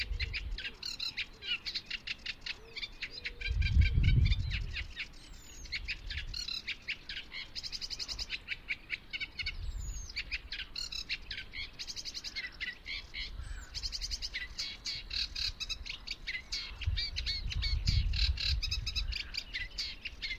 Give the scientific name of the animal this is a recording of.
Acrocephalus scirpaceus